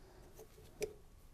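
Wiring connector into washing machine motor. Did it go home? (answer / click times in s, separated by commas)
yes / 0.8 s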